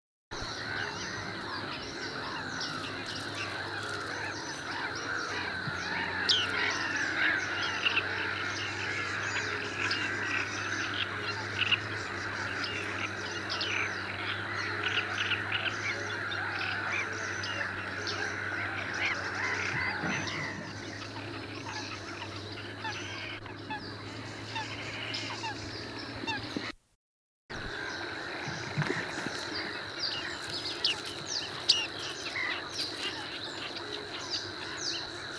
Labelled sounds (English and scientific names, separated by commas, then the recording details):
Bearded Reedling (Panurus biarmicus) call
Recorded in the wild
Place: Schwerin, Großer Dambecker See, Mecklenburg-Vorpommern, DE
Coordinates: 53.781, 11.392
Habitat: lake
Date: 1975-05-10
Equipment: Nagra III BH, Sennheiser MD 21, parabola
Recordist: Schubert, Michael